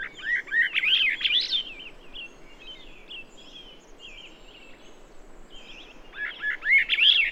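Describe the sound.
Bird song, loud and clear: a fast jumble of high warbled, swooping notes, softer twitters between, and a second vigorous burst at the end.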